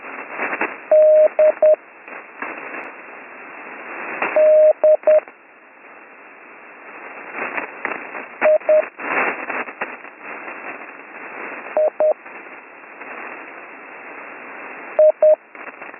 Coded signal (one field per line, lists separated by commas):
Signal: Morse code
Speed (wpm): 10 wpm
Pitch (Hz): 620 Hz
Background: radio noise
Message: D D I I I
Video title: Slow Morse Code Course - Week 2